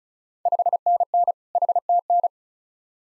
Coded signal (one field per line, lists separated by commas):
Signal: Morse code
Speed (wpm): 36 wpm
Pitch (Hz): 700 Hz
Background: none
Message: 5NN HTN